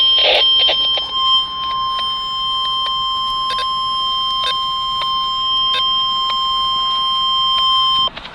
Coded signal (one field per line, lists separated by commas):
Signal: Emergency Alert System (SAME) tones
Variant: 1050 Hz attention tone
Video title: Real EAS #366 - Severe Thunderstorm Warning